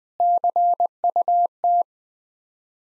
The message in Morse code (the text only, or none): CUT